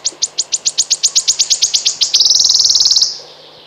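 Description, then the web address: Wood warbler song: high ticking notes that speed up steadily, then break into a fast, shivering trill that fades out. "Kurs PTTK Przyroda Ptaki Świstunka leśna"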